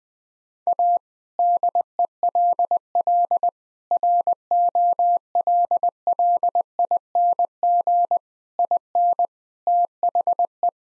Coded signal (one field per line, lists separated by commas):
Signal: Morse code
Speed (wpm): 20 wpm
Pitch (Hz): 700 Hz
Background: none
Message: A DELL ROLLING IN THE